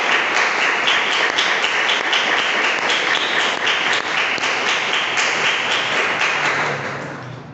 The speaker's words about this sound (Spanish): Por lo cual les ofrezco un aplauso desde el corazón.